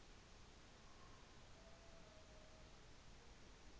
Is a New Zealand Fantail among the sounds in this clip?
no